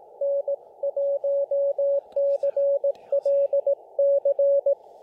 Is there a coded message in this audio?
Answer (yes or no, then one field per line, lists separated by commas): yes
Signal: Morse code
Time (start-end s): 0.2-4.7 s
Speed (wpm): 18 wpm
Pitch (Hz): 590 Hz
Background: radio noise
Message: N1CLC